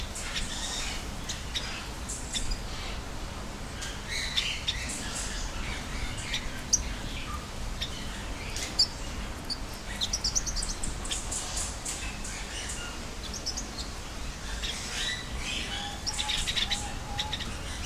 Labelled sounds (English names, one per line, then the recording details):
Golden-breasted Fulvetta call
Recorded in captivity
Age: adult
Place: Zoo Berlin, Berlin, DE
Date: 1997-08-28 10:29
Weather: sunny, 22-28°C
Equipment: Sony MD-WM MZ-R3, Sennheiser ME 80, K 30 AV, Kopie Uher 4000 Report Monitor
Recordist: Tembrock, Günter